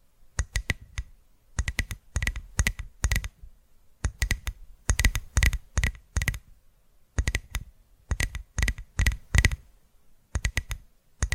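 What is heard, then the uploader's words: Crisp tapping comes in quick bursts of three to six strikes, with brief pauses between clusters over the whole stretch. Each tap is sharp and clicky with a soft low thud underneath, much like fingers on keys. The gaps between bursts are nearly silent. ASMR Tapping Through Your Brain Invisible + Triggers (No Talking).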